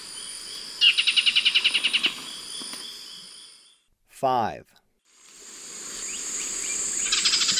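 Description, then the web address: Tawny-faced gnatwren produces a rapid train of about twelve staccato notes, followed by a brief downward-sweeping sound, silence, then a second series beginning under a high insect hum. Eastern lowlands of South America. "Natures Songs S America Eastern Lowlands. Tawny-faced Gnatwren"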